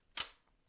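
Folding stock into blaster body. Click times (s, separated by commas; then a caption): 0.2 s. The plastic folding stock of a Nerf Rival Hypnos XIX-1200 foam-ball blaster is folded over against the blaster body. It gives one sharp, bright click at 0.2 s, then quiet. The stock locks into place, and the fold feels great.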